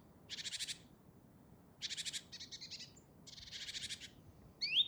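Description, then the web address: Great tit rasping churr calls in three short rattling bursts, ending with a thin rising note. "SETE Parus major"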